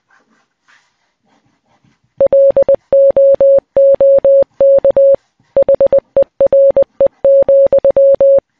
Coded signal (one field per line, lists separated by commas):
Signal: Morse code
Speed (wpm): 20 wpm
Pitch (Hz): 550 Hz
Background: none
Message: LOOK HERE,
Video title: Morse Code | Encrypted Messages